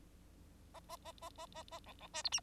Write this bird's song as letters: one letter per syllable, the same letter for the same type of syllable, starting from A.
A A A A A A A B B C D E